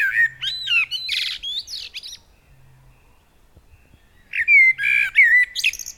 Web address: SETE data Turdus merula